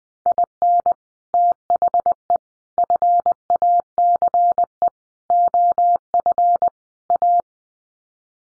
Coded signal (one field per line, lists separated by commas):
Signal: Morse code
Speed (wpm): 20 wpm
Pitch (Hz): 700 Hz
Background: none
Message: IN THE FACE OF A